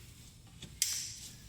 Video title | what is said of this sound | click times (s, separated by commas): Toyota Prius Code P261B Engine Coolant Pump B Control Fault | Nice click. You heard it, perfect. | 0.8 s